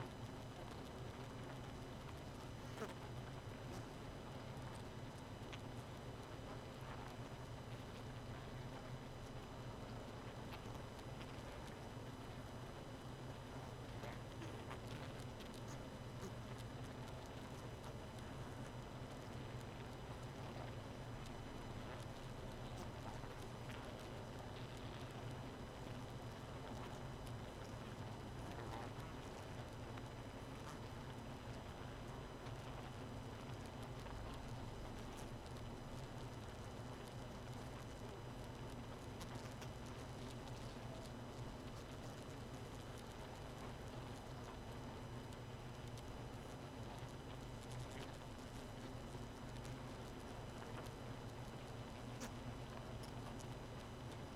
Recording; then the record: honeybee colony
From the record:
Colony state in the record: missing queen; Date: 31 May 2018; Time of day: 0:47